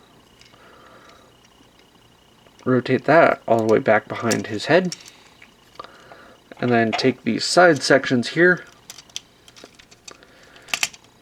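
Someone talks while handling a Transformers Robots In Disguise Scout Class Rollbar toy, with a few faint plastic taps in between. The plastic side sections are pulled all the way out into robot-mode position, and they lock into the torso with two loud clicks at 10.7 s and 10.8 s, one for each side, seating them in place.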